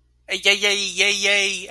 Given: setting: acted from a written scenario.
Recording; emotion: vocal sound without words; distress